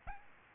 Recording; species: mosquito wingbeat signal from an infrared sensor; Aedes albopictus